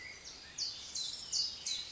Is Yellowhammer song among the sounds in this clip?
no